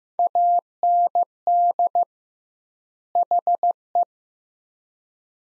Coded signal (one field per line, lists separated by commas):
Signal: Morse code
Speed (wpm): 15 wpm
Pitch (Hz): 700 Hz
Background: none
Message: AND HE